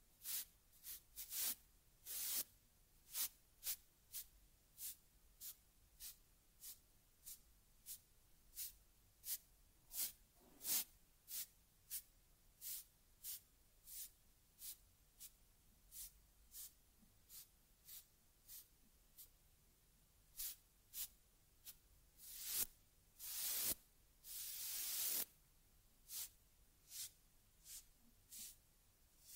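Grooming a teddy bear: quick, bright brushing strokes repeat steadily, roughly one or two per second, each a short crisp swish. Near the end a few longer, louder sweeps come in, and faint low rustling sits between strokes.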